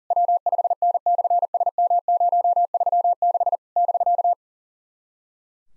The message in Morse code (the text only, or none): W5N/SM036 <BK>